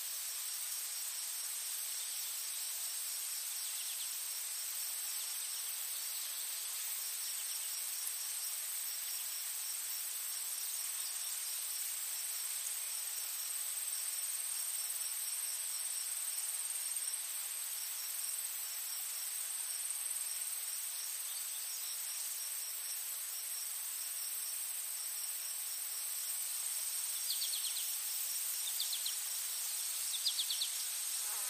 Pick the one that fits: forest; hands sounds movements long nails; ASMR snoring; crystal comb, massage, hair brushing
forest